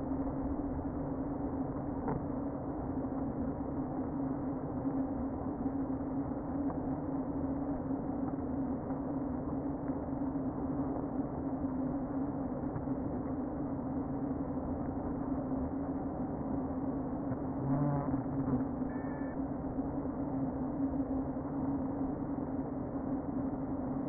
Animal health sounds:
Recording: honeybee colony, microphone inside the hive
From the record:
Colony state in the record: queen present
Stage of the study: before two queens were removed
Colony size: about 60,000 bees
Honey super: yes

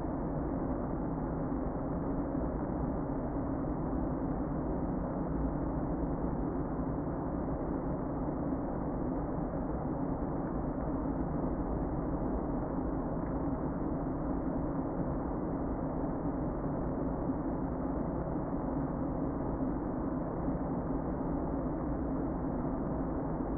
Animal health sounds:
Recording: honeybee colony, microphone inside the hive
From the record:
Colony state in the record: queen present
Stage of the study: before two queens were removed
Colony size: about 60,000 bees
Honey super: yes

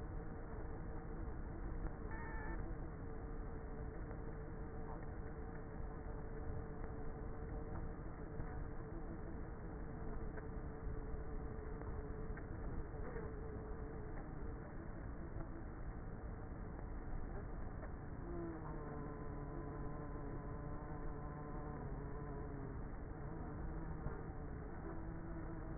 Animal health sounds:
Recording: honeybee colony, microphone inside the hive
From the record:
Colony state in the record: queenless with a low population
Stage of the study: before two queens were removed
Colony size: about 30,000 bees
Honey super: no

